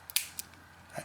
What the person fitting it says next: you hear that click that's that shaft popping up into the unlock position